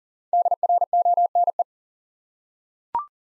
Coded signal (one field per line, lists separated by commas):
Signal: Morse code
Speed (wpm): 40 wpm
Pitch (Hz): 700 Hz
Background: none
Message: DRONE